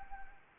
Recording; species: mosquito wingbeat signal from an infrared sensor; Anopheles arabiensis